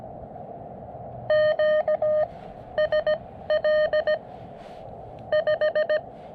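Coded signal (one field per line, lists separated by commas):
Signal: Morse code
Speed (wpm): 16 wpm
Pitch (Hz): 610 Hz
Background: none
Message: QSL 5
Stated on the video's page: Morse contacts during a SOTA double summit activation in the Columbia River Gorge, including a summit-to-summit contact and full QSOs.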